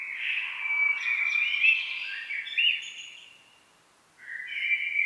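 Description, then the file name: Common blackbird song: mellow fluted warbling around the middle pitches with squeaky high twitters, one long phrase then, after a short silence, a new phrase begins. "Turdus merula"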